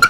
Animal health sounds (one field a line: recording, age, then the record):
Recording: pig call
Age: piglet (1 to 25 days)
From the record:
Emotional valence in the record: positive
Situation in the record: after nursing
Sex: male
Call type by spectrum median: low-frequency call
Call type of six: high-frequency stable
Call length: 0.10 s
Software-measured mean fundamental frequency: 229 Hz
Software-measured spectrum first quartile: 1374 Hz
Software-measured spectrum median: 1645 Hz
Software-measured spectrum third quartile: 4232 Hz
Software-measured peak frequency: 1395 Hz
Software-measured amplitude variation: 188 dB a second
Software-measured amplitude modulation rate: 4.9 a second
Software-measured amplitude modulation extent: 38.2 dB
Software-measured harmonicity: 12.0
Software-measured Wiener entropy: -3.30